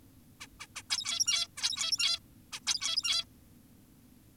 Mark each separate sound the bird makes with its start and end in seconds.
0.41-0.47, 0.60-0.67, 0.76-0.83, 0.90-1.48, 1.57-2.19, 2.53-2.60, 2.67-3.25